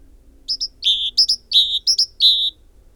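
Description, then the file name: Great tit phrases: a quick pair of high thin notes, then a longer, lower ringing note, repeated three times in quick succession over faint background hum. "Parus major"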